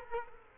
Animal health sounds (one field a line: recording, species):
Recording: mosquito wingbeat signal from an infrared sensor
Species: Culex quinquefasciatus